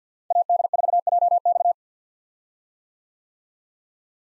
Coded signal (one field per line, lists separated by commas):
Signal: Morse code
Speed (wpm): 50 wpm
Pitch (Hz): 700 Hz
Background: none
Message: AD4JX